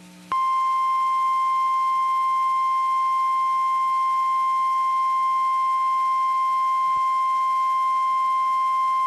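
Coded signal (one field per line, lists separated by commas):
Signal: Emergency Alert System (SAME) tones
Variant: 1050 Hz attention tone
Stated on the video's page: Tornado warning EAS tones relayed via weather.net because the usual source station was down.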